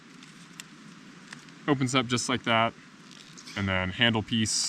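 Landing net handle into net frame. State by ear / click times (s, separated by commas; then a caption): not seated / none. The handle piece of a collapsible fly fishing landing net is brought to the net frame to be clipped in. Over a quiet background hiss there are a few faint ticks near 0.6 and 1.3 seconds, then someone talks from about 1.7 seconds. The handle has not clicked into the frame yet.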